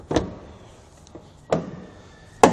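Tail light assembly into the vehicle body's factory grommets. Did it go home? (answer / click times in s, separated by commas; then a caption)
yes / 2.4 s. A tail light assembly on a Toyota Tundra, fitted with a Rostra Backzone Plus sensor system (2013), is pushed back into the truck body so its plastic mounting pins snap into the factory rubber grommets. Dull pushing thumps come at about 0.2 s and 1.5 s with a faint tick near 1.1 s, then a sharp, loud click at 2.4 s. That click is the assembly seating in the grommets as intended.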